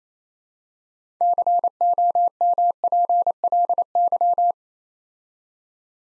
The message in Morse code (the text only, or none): COMPLY